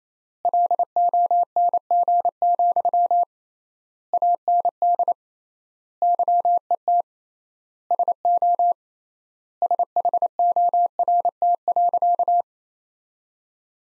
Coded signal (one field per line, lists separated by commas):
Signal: Morse code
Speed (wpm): 28 wpm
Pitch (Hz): 700 Hz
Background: none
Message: LONG, AND YET SO SHORT.